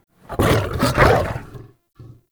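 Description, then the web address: Wolf growl, a harsh, loud, rumbling snarl lasting over a second, followed by a short, quieter growl after a brief pause. Wolf attack growl; attack vocalization. "Soulframe Sounds. Wolf Attack Growl Double"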